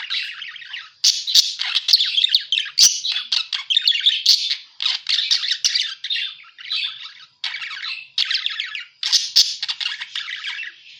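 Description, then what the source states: Parakeet chatter: scratchy warbled phrases broken by brief silences, with occasional sharp clicks and squawks. Lure sound used to attract and catch parakeets.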